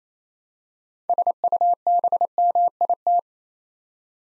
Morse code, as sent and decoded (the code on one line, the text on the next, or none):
... ..- -... -- .. -
SUBMIT